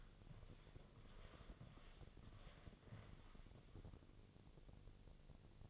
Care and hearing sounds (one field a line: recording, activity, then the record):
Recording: daily activity, microphone in the room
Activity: walk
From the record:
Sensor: 4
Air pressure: 1001.3 hPa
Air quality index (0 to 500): 177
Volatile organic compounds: 2 ppm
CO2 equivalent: 1272 ppm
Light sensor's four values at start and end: 14/33/13/13 and 14/33/13/13